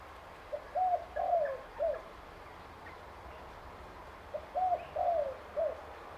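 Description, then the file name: Spotted dove cooing: a soft, low phrase of short and drawn-out coos, given twice with a pause of about two seconds between phrases. "BIRD SPOTTED TURTLE DOVE CALL"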